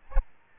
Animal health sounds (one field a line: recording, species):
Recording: mosquito wingbeat signal from an infrared sensor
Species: Aedes albopictus